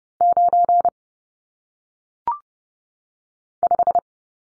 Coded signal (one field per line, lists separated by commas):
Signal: Morse code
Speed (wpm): 30 wpm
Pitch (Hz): 700 Hz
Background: none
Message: 9 5